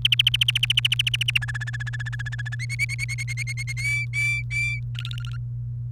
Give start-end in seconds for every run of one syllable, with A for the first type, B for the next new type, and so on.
0.05-1.38 A, 1.42-2.55 B, 2.59-3.73 C, 3.77-4.79 D, 4.95-5.37 E